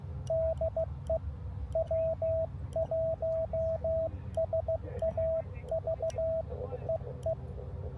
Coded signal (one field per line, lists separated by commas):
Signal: Morse code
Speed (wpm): 15 wpm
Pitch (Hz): 650 Hz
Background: radio noise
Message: DE W1SAV EE